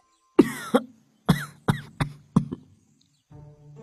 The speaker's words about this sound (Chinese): …咳嗽了一会儿，最后又问了一句，